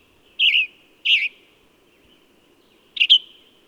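A bird gives three bright, warbled chirps, two close together and a third after a pause of nearly two seconds, with a faint hum beneath.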